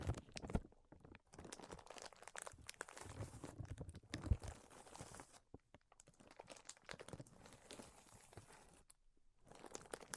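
Tapping, scratching and tracing sounds in dense, crinkly bursts, with sharp taps near the half-second and around four seconds. The rustling scrapes continue unevenly throughout, broken by brief silent gaps near 1, 5.5 and 9 seconds.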